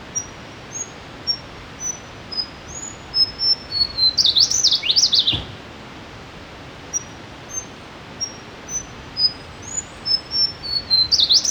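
Slaty-bellied Tesia song: a string of thin, high, spaced whistled notes at shifting pitches building into a loud, jumbled, tumbling burst that falls in pitch, then the build-up begins again.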